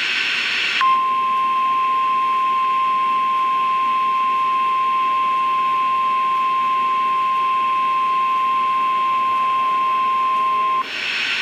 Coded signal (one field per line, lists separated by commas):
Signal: Emergency Alert System (SAME) tones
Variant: 1050 Hz attention tone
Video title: NOAA Weather Radio - EAS #116: Severe Thunderstorm Warning (3/23/2012)